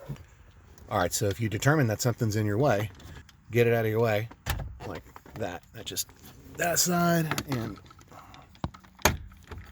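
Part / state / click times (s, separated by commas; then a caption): plastic trim panel clips in the car dashboard / released / 8.6 s, 9.1 s. During a car stereo install, a plastic trim panel is pried off the car dashboard and its retaining clips pop out one after another. Someone talks through most of the clip, then sharp clicks sound at 8.6 s and 9.1 s as the clips release.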